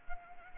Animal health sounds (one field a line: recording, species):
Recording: mosquito wingbeat signal from an infrared sensor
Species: Anopheles arabiensis